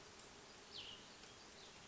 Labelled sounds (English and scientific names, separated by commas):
Cassin's Vireo (Vireo cassinii)